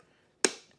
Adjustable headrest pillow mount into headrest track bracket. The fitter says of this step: and it will lock into place just like so.